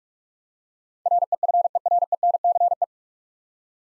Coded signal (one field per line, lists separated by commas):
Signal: Morse code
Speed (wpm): 44 wpm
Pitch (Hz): 700 Hz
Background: none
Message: REFERENCE